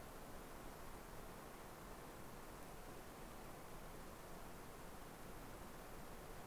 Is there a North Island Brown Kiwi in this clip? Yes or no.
no